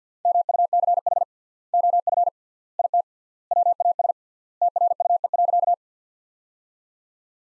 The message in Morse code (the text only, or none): MUCH OF IT WAS TRUE.